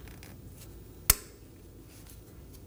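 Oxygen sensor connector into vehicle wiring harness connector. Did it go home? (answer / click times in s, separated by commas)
yes / 1.1 s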